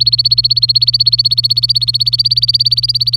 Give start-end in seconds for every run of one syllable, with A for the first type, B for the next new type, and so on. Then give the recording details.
0.00-3.17 A. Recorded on 24 April 2018 at 08:33. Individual llb3